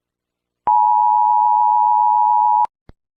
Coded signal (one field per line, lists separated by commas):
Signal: Emergency Alert System (SAME) tones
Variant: 853 and 960 Hz attention tone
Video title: EAS Scenario- BALDIS BASICS (Huddle up in a room) ￼